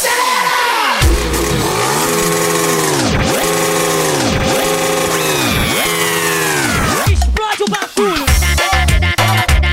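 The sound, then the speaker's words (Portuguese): Motorcycle engines of guests who rode to a birthday party in Anajás rev loudly again and again on the call to accelerate, each burst rising and falling in pitch in a steady rhythm, then breaking into a rougher, overlapping roar of engines toward the end. “E quem veio de moto pra festa hoje, o moto Brasília pra cima. Bota pra cima. Acelera.”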